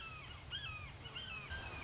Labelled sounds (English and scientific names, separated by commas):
Red-shouldered Hawk (Buteo lineatus)